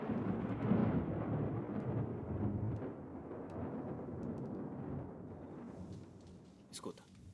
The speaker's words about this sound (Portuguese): Por que a gente não fica acordado ouvindo a tempestade?